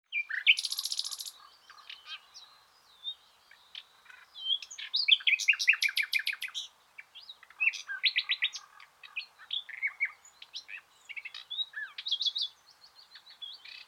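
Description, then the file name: Common nightingale song: a harsh buzzy burst opens, then rich varied phrases with rapid runs of repeated notes and brief thin whistles, pausing between bursts. "Luscinia megarhynchos"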